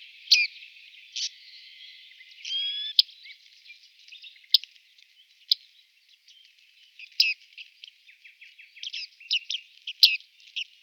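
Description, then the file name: Bearded reedling calls: scattered high, ringing ping notes at uneven intervals, with a soft, bright chatter building near the end. "Bartmeise"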